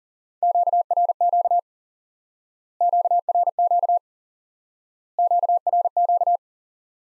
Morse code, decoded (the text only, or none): QRQ QRQ QRQ